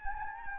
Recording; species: mosquito wingbeat signal from an infrared sensor; Anopheles gambiae